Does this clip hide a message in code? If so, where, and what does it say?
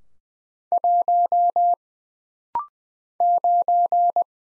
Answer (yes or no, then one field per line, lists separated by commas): yes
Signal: Morse code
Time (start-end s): 0.7-4.2 s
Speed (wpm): 20 wpm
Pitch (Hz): 700 Hz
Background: none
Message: 1 9